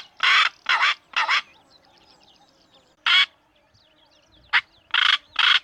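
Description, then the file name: Black korhaan uttering grating, croaky notes: three quick rasps, a single one after a gap, then a short clipped note and two more rasps. "Digiffects Sound Effects Library - Black Korhaan Bird"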